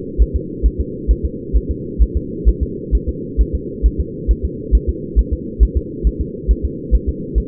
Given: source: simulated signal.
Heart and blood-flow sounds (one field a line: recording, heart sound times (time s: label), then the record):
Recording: fetal heart sounds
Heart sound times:
0.22 s: S1
0.36 s: S2
0.66 s: S1
0.80 s: S2
1.11 s: S1
1.25 s: S2
1.56 s: S1
1.71 s: S2
2.02 s: S1
2.17 s: S2
2.49 s: S1
2.63 s: S2
2.95 s: S1
3.09 s: S2
3.41 s: S1
3.55 s: S2
3.86 s: S1
4.00 s: S2
4.31 s: S1
4.45 s: S2
4.75 s: S1
4.89 s: S2
5.19 s: S1
5.33 s: S2
5.63 s: S1
5.77 s: S2
6.07 s: S1
6.21 s: S2
6.51 s: S1
6.65 s: S2
6.95 s: S1
7.09 s: S2
7.38 s: S1
From the record:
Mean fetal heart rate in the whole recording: 135 bpm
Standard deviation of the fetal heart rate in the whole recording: 3 bpm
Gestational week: 34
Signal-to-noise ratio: -4.1 dB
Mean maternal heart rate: no maternal heart sound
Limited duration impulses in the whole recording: absent